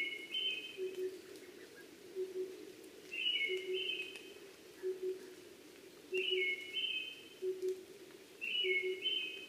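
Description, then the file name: Brown-headed thrush repeating bright whistled phrases with a lower ending about every three seconds, while another bird gives low, evenly spaced paired hoots throughout. Recorded 12 June 2010 at 03:45. "akahara tutudori-20100612-0345"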